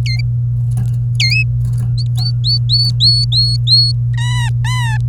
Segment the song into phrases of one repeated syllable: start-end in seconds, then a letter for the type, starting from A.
0.06-0.21 A, 1.20-1.43 A, 1.98-3.92 B, 4.14-4.97 C